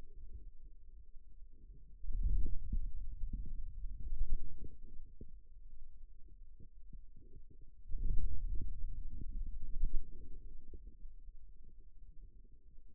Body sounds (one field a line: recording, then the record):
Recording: forearm muscle sounds (acoustic myography)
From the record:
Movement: wrist flexion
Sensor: system 2, bracelet of six BSWA MPA416 microphones around the upper forearm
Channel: 5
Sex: male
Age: 22 years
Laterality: right